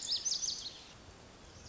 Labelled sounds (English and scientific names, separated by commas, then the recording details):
Lazuli Bunting (Passerina amoena)
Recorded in Sonoma County, California